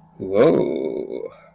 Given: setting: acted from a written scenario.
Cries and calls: vocal sound without words; desire

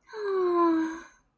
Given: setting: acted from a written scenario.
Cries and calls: vocal sound without words; romantic love

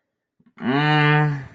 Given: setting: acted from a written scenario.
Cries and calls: vocal sound without words; sadness

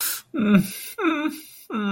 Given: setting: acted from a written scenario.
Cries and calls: vocal sound without words; distress

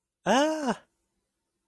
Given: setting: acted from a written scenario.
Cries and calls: vocal sound without words; elation

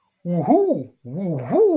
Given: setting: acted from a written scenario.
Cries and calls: vocal sound without words; triumph

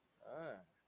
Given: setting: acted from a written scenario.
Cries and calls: vocal sound without words; negative surprise

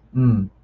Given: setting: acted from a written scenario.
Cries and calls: vocal sound without words; sympathy

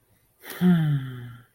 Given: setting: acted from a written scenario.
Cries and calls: vocal sound without words; romantic love

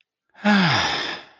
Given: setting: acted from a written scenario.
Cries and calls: vocal sound without words; contentment

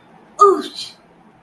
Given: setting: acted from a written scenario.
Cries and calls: vocal sound without words; guilt

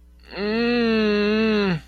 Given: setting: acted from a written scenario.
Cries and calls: vocal sound without words; distress

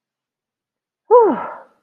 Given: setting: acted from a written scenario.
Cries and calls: vocal sound without words; pride

